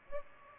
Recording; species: mosquito wingbeat signal from an infrared sensor; Aedes aegypti